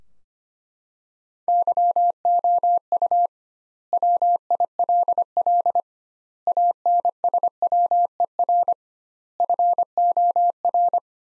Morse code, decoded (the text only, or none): YOU WILL ANSWER FOR